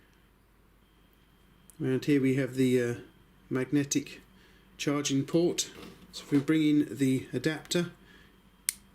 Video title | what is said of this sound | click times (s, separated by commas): Brinyte PT28 Oathkeeper Tactical Flashlight Review | you can see it snaps into place | 8.7 s